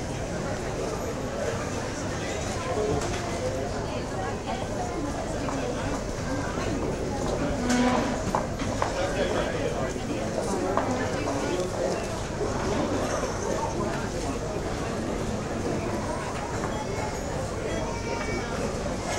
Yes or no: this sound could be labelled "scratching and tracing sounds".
no